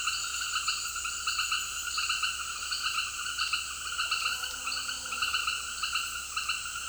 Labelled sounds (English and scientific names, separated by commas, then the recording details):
none
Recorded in secondary vegetation near Puerto Asís, Putumayo, Colombia, on 20 February 2024 at 18:00
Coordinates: 0.481, -76.323
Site G6376